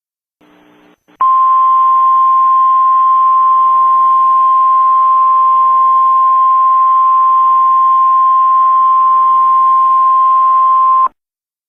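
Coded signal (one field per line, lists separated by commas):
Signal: Emergency Alert System (SAME) tones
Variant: 1050 Hz attention tone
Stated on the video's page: Fictional alert scenario tones, a dramatized recreation rather than a real activation.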